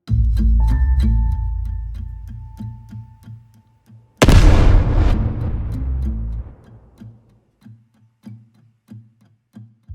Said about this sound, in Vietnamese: Tiếng nổ khủng khiếp khiến cho đất trời chao đảo dữ dội. Cho đến khi vụ nổ kết thúc, mọi thứ dần lắng xuống và vạn vật trở lại bình thường.